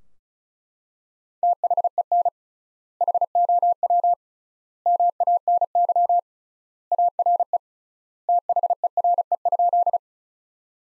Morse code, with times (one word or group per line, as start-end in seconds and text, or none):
1.4-2.3 THEN
3.0-4.1 HOW
4.9-6.2 MANY
6.9-7.6 ARE
8.3-10.0 THERE?